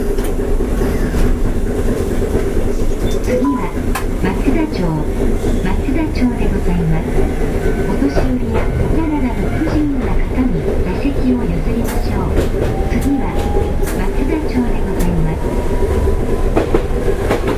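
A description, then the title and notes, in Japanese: A Hankai Tramway type 701 tram runs with a steady, dense low rumble and constant loudness. Faint voices murmur through the middle, and a thin rising tone appears from about twelve seconds, along with scattered clicks and rattles. 阪堺電気軌道701形電車の走行音です。阪堺線で録音しました。区間は、我孫子道から恵美須町までです。阪堺電車701形 あびこ道から恵美須町まで。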